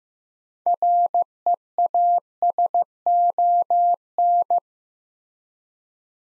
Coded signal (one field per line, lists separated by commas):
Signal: Morse code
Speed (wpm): 15 wpm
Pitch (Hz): 700 Hz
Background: none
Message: REASON